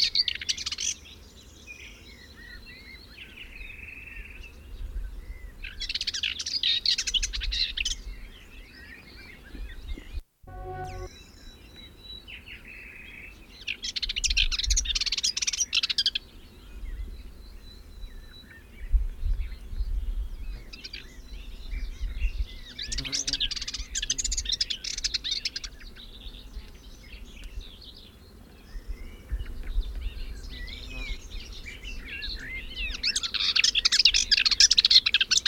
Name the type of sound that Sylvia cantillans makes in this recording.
song